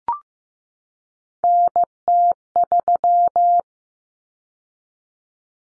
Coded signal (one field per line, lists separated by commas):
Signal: Morse code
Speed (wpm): 15 wpm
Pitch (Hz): 700 Hz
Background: none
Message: NT3